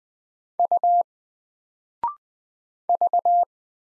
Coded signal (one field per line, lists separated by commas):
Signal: Morse code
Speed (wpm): 20 wpm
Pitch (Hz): 700 Hz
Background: none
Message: U V